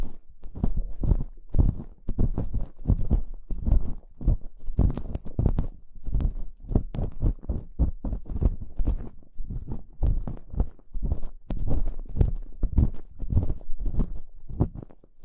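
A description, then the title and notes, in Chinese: Ear picking, a steady run of short scratchy, crunchy rubs repeating several times a second for the whole stretch. Each stroke carries a dull, thumping low end with brief crackly edges, and the rhythm stays fairly even without pauses. 掏耳朵。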